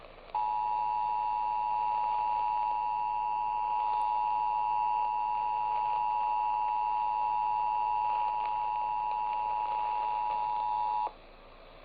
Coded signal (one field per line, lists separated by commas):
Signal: Emergency Alert System (SAME) tones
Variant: 853 and 960 Hz attention tone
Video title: Eas svr Eas#649- 650)